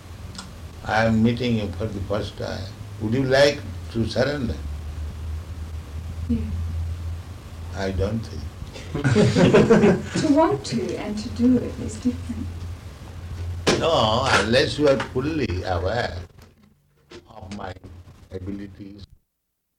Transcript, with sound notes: I am meeting you for the first time. Would you like to surrender?
Yes.
I don't think. [laughter]
To want to and to do it is different.
No, unless you are fully aware of my abilities,